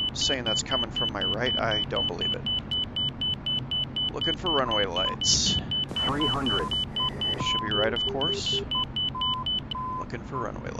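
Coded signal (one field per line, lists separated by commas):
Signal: none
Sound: a flight sim's warning beeps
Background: speech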